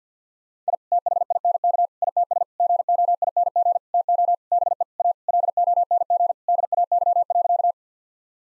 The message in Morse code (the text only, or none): I THINK ITS GOING TO BE A LONG DAY.